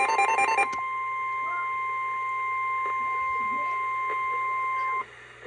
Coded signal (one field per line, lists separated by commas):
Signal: Emergency Alert System (SAME) tones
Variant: 1050 Hz attention tone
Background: speech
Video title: Absolute Monstrosity 5.. Northern Florida’s Considerable Winter… EAS Alerts From 1/18/25-1/21/25